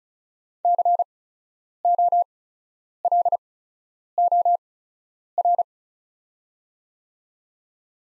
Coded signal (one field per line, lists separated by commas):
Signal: Morse code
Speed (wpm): 36 wpm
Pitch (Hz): 700 Hz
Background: none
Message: COLOR